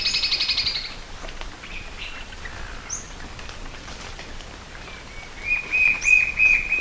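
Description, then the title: White-shouldered fire-eye song: a rapid, even series of clear whistled notes on a level pitch near the end, after a few other brief calls earlier. "LuckyPassaro Completos2Sama. White-shouldered Fire-eye (Pyriglena leucoptera)"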